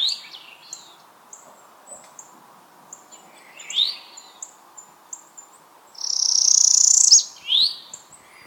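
Parula song, a loud high buzzy trill lasting about a second followed by a quick rising note, with other rising sweeps and many short high chips around it.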